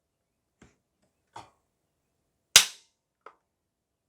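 A chisel is pried under the plastic shell of a SPLATRBALL SRB1200 gel blaster housing, lifting it until the molded plastic snaps break free. A few faint ticks at 0.6 s, 1.4 s and 3.3 s surround one loud, sharp crack at 2.6 s. The shell snap pops apart and releases.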